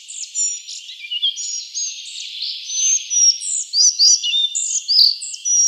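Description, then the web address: Collared Flycatcher song: varied high whistles and squeaky slurred notes, delivered in a lively, uneven stream of short phrases. "Schulze Peter Collared Flycatcher song"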